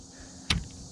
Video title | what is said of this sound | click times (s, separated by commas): Are Cheap Bed Covers Any Good?? - Testing the GATOR PRO Tri-Fold Tonneau Cover! | click right down then we can go ahead and fold everything again then | 0.5 s